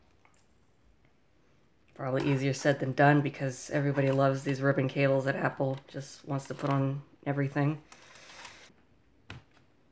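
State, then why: Seated. A ribbon cable connector is pushed back into its socket on the logic board inside an iBook G3 laptop during a RAM upgrade. Someone talks from about 2 s to 8 s, then a single sharp click is heard at 9.3 s as the connector seats.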